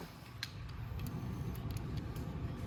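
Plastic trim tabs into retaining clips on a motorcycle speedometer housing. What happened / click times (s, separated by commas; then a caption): A plastic trim tab snapped into its clip / 0.4 s. Plastic tabs on the speedometer housing and dash trim of a Venom x22GT 250cc automatic motorcycle are slipped into their retaining clips one after another. A sharp snap at 0.4 s marks a tab seating, followed by fainter ticks over a steady low rumble. The tabs are seated in their clips.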